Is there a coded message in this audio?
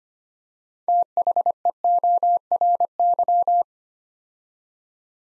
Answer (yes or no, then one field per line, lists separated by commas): yes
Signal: Morse code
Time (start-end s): 0.9-3.6 s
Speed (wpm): 25 wpm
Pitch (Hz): 700 Hz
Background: none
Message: THEORY